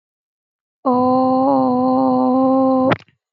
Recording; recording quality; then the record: sustained vowel as in boot; excellent, no background noise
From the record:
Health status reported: exposed to COVID-19, no respiratory illness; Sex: female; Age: 23 years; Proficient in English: yes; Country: India